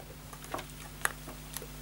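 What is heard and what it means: A loose wiring connector inside a hoverboard is pushed fully into its socket on the board. It had only been put in, not clicked into place. Faint ticks come first, then a sharp click at 1.0 s as it seats fully home, followed by a softer tick near 1.6 s.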